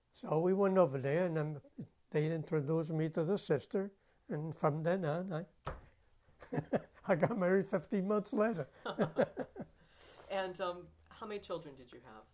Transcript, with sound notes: So we went over there, and then they introduced me to the sister, and from then on I... ( he laughs ) I got married fifteen months later. ( they laugh )
And, um, how many children did you have?